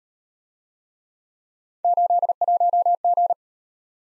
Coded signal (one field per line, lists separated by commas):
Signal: Morse code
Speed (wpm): 38 wpm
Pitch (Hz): 700 Hz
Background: none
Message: 81G